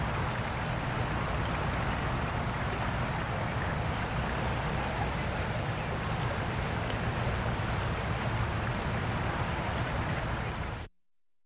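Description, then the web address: Cicada call: a steady, piercing high-pitched drone with a lower pulsing layer beating several times a second, over constant low rumbling background noise, ending abruptly. "цикады"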